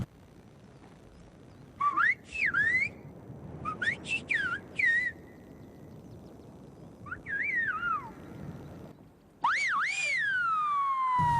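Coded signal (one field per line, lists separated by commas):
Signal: whistled language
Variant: Silbo Gomero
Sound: loud gliding whistles rising and falling in pitch, several short phrases then a long one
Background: outdoor background noise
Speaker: los silbadores pueden intercambiar mensajes entre uno y otro a una distancia de 4 o 5 kilómetros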